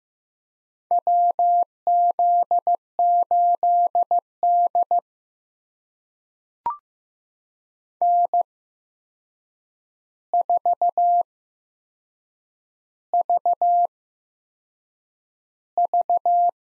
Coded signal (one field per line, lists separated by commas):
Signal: Morse code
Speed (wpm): 15 wpm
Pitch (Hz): 700 Hz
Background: none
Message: WZ8D N4VV